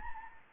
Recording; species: mosquito wingbeat signal from an infrared sensor; Anopheles gambiae